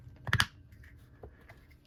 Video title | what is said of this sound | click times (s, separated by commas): 1911 Detail strip part 15 | Snaps into place. | 0.3 s